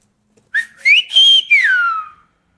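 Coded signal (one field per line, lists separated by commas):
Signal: whistled language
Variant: Silbo Gomero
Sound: a single clear whistle rising, holding high, then falling in four connected phrases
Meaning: The whistled word means yellow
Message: amarillo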